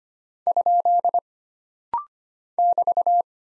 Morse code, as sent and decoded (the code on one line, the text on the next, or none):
..--.. / -...-
? <BT>